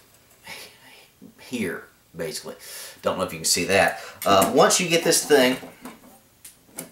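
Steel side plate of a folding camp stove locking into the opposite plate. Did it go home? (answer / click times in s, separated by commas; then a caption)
yes / 6.8 s. Someone talks while folding up a small steel camp stove, pushing its two thin metal side plates together until they lock on a thin edge. Soft handling knocks come near the end, and then a sharp, fast-decaying metallic click at 6.8 s marks the side plate locking into the opposite plate, seated.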